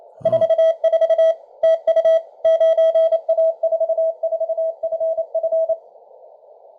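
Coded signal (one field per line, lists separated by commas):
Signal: Morse code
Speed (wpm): 28 wpm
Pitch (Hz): 650 Hz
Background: none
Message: 44 TU 9A44FF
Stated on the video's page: Received on a Malahit DSP2 and Tecsun S2200-x with an end-fed antenna and internal loop.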